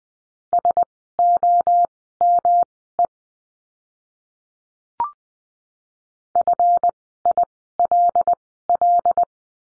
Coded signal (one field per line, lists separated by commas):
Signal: Morse code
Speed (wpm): 20 wpm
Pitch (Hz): 700 Hz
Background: none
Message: SOME FILL